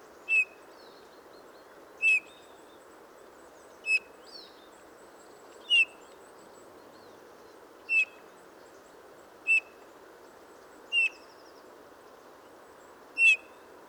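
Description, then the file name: Eurasian bullfinch giving soft, short piped notes, eight in a row at irregular intervals of around two seconds, over a steady hiss. "Pyrrhula pyrrhula"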